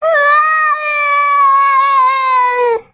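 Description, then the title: Cat giving one long, drawn-out meow lasting nearly three seconds, steady in pitch with a slight fall at the end, rich in harmonics. Pet cat. "kucingku"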